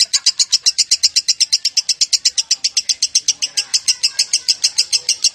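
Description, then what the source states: Lovebird chattering song: a fast, steady run of high, sharp chirps, continuing without a break throughout. Chattering song style known as konslet.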